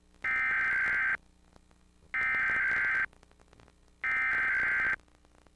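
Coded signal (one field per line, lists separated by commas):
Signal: Emergency Alert System (SAME) tones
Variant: header bursts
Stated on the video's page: Required Weekly Test aired during HGTV on Time Warner Cable.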